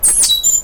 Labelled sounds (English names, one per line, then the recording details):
Stitchbird song
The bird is a male
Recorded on Tiritiri Matangi Island, New Zealand, in 2005
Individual 1, of nest box 1